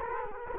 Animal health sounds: mosquito wingbeat signal from an infrared sensor; Culex quinquefasciatus

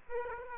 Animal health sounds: mosquito wingbeat signal from an infrared sensor; Aedes aegypti

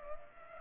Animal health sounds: mosquito wingbeat signal from an infrared sensor; Culex pipiens

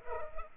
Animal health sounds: mosquito wingbeat signal from an infrared sensor; Culex pipiens

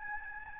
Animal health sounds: mosquito wingbeat signal from an infrared sensor; Aedes albopictus

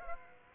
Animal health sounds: mosquito wingbeat signal from an infrared sensor; Aedes aegypti

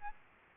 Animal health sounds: mosquito wingbeat signal from an infrared sensor; Aedes albopictus

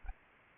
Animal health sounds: mosquito wingbeat signal from an infrared sensor; Anopheles arabiensis

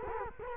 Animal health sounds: mosquito wingbeat signal from an infrared sensor; Culex quinquefasciatus

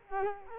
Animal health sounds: mosquito wingbeat signal from an infrared sensor; Culex quinquefasciatus

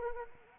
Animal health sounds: mosquito wingbeat signal from an infrared sensor; Anopheles arabiensis

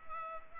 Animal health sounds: mosquito wingbeat signal from an infrared sensor; Culex pipiens

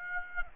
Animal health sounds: mosquito wingbeat signal from an infrared sensor; Aedes aegypti

